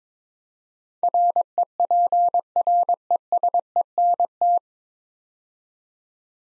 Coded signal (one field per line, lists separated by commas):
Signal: Morse code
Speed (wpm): 23 wpm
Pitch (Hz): 700 Hz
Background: none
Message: REPRESENT